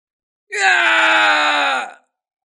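A man lets out a single loud, sustained scream of agony lasting over a second, raw and strained, its pitch sagging slightly before it cuts off abruptly, as an arrow pierces his shoulder and crushes his left shoulder.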